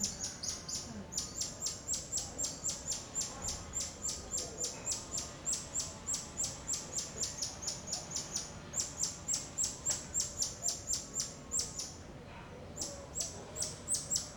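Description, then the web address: Bird chirps, rapid high repeated notes about four per second, steady and insistent, with a brief pause near twelve seconds. Suburb of Rio de Janeiro; outdoor ambience. "Monte Sound - Atmospheres of Rio de Janeiro 010 AMB External Rio Subburb Birds"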